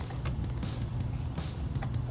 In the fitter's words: There you go. Little click.